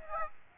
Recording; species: mosquito wingbeat signal from an infrared sensor; Aedes aegypti